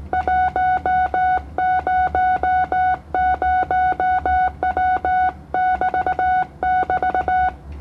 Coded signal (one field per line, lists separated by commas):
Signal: Morse code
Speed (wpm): 17 wpm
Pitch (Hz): 740 Hz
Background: none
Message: 100W <BT><BT>